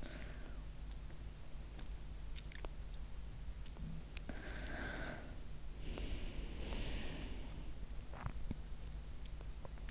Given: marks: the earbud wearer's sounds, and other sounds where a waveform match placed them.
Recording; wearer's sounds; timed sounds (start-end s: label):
sounds in sleep by an in-ear microphone; breath
0.00-0.58 s: breath
3.72-4.06 s: sound from someone else or the room
4.28-7.37 s: breath